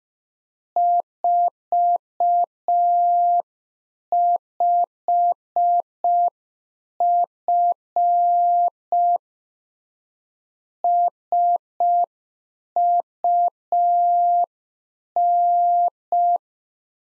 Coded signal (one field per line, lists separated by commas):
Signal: Morse code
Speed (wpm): 5 wpm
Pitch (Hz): 700 Hz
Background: none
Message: 45F SUN